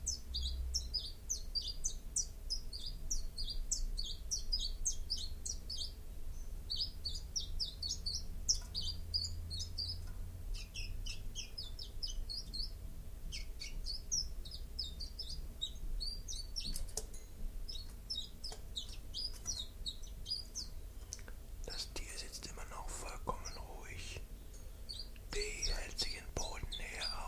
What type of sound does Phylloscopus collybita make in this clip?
song